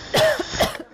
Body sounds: coughing mixed with background sound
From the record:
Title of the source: Coughing Woman Sound - Woman Cough Sound Effect

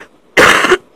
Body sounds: coughing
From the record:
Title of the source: 31 night wet cough

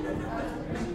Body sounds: background sound without coughing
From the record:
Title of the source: 60 minutes of coffee shop sounds for study and concentration

